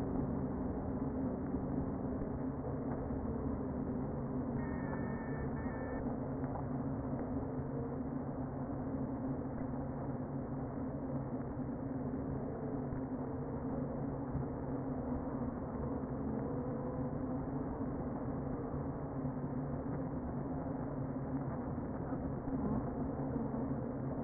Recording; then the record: honeybee colony, microphone inside the hive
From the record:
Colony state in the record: queen present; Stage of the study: before two queens were removed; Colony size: about 60,000 bees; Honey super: yes